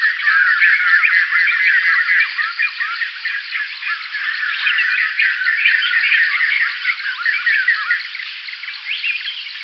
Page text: White-Crested Laughingthrush Call - Quick Sounds